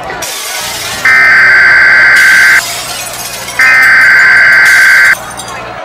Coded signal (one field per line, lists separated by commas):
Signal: Emergency Alert System (SAME) tones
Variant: header bursts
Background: speech